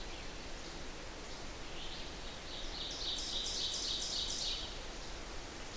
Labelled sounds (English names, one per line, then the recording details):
Ovenbird song
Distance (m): 45 m
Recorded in boreal forest in Alberta, Canada, on 8 June 2016 at 05:42
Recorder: SongMeter 3, array SBT-3-9
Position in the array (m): 51 m, 107 m
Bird 33